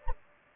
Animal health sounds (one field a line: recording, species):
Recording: mosquito wingbeat signal from an infrared sensor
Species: Anopheles gambiae